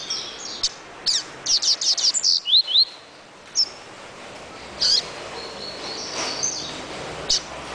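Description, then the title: Double-collared seedeater singing a rapid string of sharp high notes and a few upslurred whistles, followed by scattered single chips. "Canto Coleiro"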